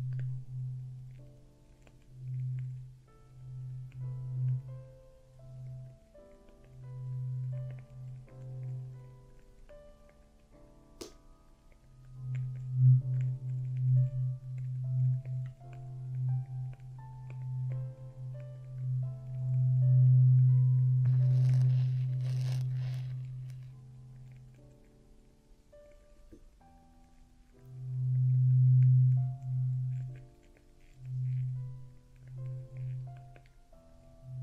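Traditional Chinese ear cleaning with a low buzzing hum that comes in short repeated bursts, then holds steadier from about 12 to 25 seconds. Crackly scraping rustles flare around 21 seconds, and a sharp click sounds near 11 seconds over faint ringing tones.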